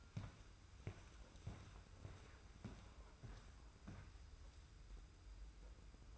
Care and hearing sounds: daily activity, microphone in the room; walk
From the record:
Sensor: 2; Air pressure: 990.5 hPa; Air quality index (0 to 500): 180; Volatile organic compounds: 1000 ppm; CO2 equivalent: 5704 ppm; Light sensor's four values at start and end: 28/66/27/27 and 27/64/26/26

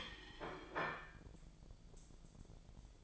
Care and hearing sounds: daily activity, microphone in the room; place plate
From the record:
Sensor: 5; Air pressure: 1009.5 hPa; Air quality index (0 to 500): 169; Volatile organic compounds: 4 ppm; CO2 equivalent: 1641 ppm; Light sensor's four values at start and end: 98/260/106/113 and 98/261/106/113

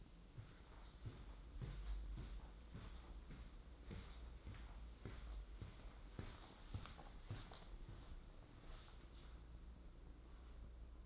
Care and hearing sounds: daily activity, microphone in the room; walk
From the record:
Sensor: 3

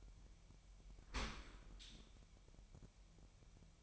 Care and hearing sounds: daily activity, microphone in the room; open dishwasher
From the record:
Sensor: 1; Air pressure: 1006.8 hPa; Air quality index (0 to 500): 209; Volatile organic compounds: 24 ppm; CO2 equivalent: 2816 ppm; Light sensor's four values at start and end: 12/31/12/14 and 12/31/12/14

